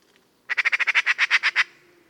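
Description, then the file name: Eurasian magpie chatter call: a single harsh, rattling burst of about twelve rapid notes lasting just over a second, then quiet. "Pica pica"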